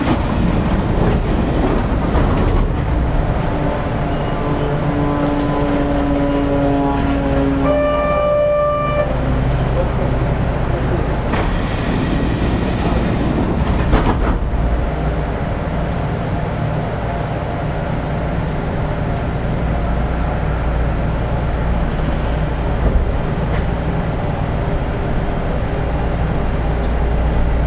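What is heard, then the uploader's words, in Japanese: Inside a one-man local train running along, a steady low rumble with a rising electric motor whine around five to nine seconds and brief hisses. 近鉄6400系 道明寺から柏原まで。近畿日本鉄道6400系電車の走行音です。道明寺線のワンマン普通列車にて収録しました。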